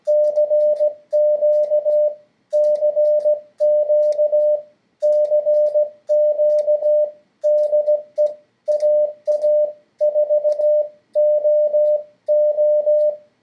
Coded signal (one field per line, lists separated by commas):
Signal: Morse code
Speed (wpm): 16 wpm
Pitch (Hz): 600 Hz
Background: radio noise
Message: CQ CQ CQ DE AA4OO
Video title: Practice Sending CW